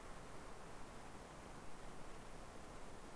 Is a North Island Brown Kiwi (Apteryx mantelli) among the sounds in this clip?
no